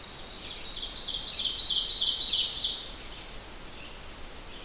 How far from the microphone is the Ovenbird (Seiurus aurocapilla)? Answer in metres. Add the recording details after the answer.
about 25 m. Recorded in boreal forest in Alberta, Canada, on 12 June 2016 at 05:05. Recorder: SongMeter 3, array SBT-3-18. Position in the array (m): 147 m, 127 m. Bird 29